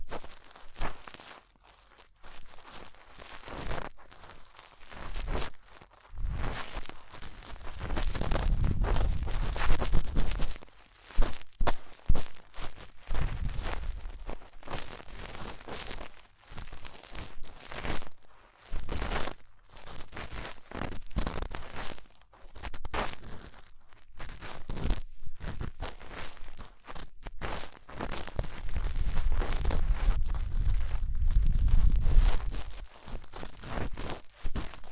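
Twin ear cleaning, heard as dense, scratchy rubbing and crackling that comes in irregular bursts with brief silent gaps. Louder stretches with a low rumbling thump arrive around 8–11 seconds and again near 28–32 seconds, between quieter crinkling passages.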